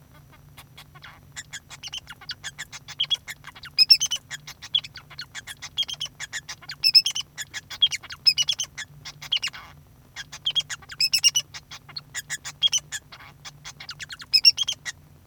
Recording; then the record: song of a male Bengalese finch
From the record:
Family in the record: son of father 2